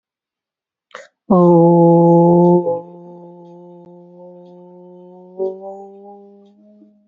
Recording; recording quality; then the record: sustained vowel as in boot; excellent, no background noise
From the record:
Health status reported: healthy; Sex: male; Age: 23 years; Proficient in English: yes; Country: India